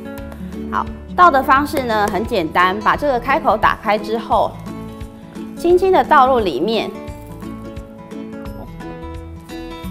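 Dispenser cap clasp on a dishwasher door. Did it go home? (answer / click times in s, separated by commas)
no / none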